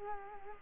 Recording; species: mosquito wingbeat signal from an infrared sensor; Culex quinquefasciatus